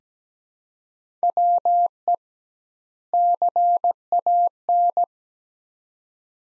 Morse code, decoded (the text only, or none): WE CAN